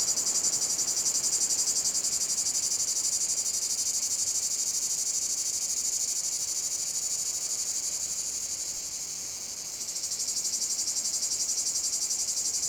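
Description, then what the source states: Cicadas singing a loud, high buzzing chorus that dips briefly near nine seconds before returning to full strength with a rapid pulse. Cicada field at Domaine de la Sablière, Saint-Privat-de-Champclos, France; recorded with a Zoom H6 using an M/S microphone.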